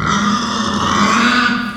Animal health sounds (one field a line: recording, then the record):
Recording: squeal of a Yucatan mini pig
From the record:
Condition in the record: after surgery on the right vocal fold (resection and tissue-engineered implant)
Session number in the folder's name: 15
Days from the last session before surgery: 175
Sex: female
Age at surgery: 19 weeks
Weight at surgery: 25 kg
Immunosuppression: prednisolone